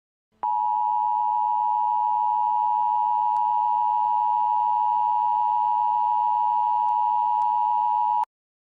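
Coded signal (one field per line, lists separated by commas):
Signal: Emergency Alert System (SAME) tones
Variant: 853 and 960 Hz attention tone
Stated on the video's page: Fictional EAS scenario about contaminated Valentine's chocolate.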